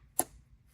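On a 2022+ Ford F-150 3.5L EcoBoost, the plastic secondary lock (connector position assurance) on an ignition coil connector is slid forward after the connector is clicked on. It snaps into place with one sharp click at 0.2 s, followed by low background hum. The secondary lock is seated.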